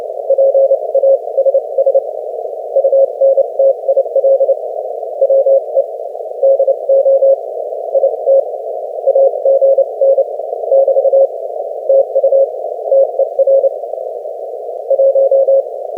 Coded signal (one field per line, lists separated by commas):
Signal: Morse code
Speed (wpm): 29 wpm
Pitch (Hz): 540 Hz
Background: none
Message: PASS UNTIL WE DO IT AGN <BT> TU TER 1